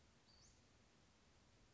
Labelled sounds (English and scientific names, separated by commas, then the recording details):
Western Flycatcher (Empidonax difficilis)
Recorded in Sonoma County, California